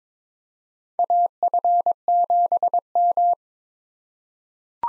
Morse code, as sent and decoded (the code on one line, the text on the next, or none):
.- ..-. --... --
AF7M